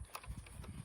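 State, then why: Released. A bumper assembly on a 1/18 scale RC late model chassis is slid forward to remove it, and a sharp pop is heard at 0.2 seconds as it comes off. The bumper releases sooner than expected, and a softer tap follows at about 0.5 seconds.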